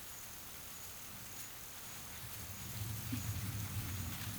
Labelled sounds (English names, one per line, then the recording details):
none
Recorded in pastures near Puerto Asís, Putumayo, Colombia, on 25 June 2025 at 13:30
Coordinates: 0.487, -76.322
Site H26